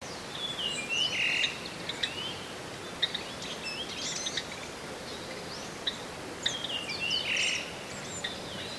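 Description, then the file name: Japanese grosbeak giving clear whistled phrases, the louder ones near the start and near the end, with fainter notes in between. "ikaru"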